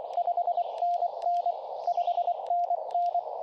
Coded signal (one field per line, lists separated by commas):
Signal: Morse code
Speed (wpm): 23 wpm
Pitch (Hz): 690 Hz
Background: radio noise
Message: 5NN 5NN